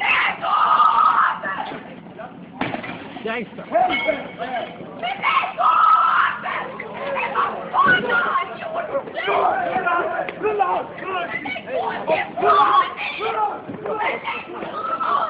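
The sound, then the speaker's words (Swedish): Frantic screaming and shouting from several people during a street attack in Trollhättan, Sweden, where a gang blocked and kicked the car of three men heading home from a cruising meet and set upon them; loud, high-pitched cries overlap continuously with no pauses for about fifteen seconds. “Så här lät attacken.”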